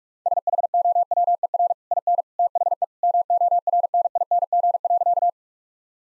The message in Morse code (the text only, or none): SHOWER IN THE MORNING.